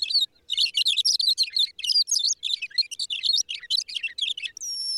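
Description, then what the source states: Thick-billed Longspur singing a long burbling, tinkling warble of rapid high notes, with a brief pure whistled note at the very end. Shortgrass prairie on the high plains; burbling song.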